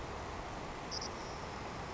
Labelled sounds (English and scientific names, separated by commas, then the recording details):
Savannah Sparrow (Passerculus sandwichensis)
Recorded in Sonoma County, California